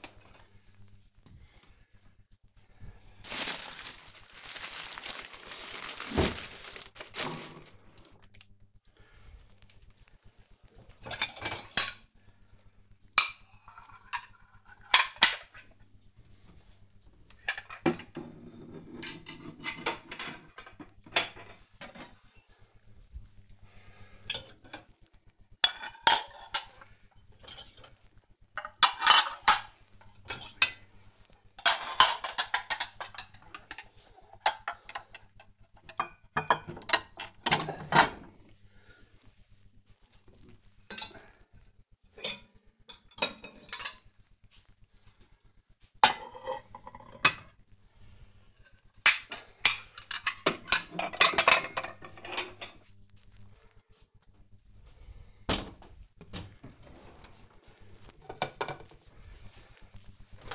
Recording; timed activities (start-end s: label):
household activities, microphone on the right wrist
0.00-60.55 s: cleaning out the dishwasher